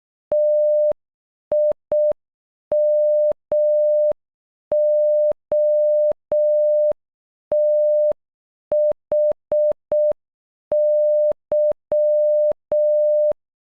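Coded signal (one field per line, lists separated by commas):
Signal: Morse code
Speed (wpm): 12 wpm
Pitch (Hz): 600 Hz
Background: none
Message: TIMOTHY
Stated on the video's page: Morse code for the name Timothy, played at normal and half speed, generated by an online Morse translator tool.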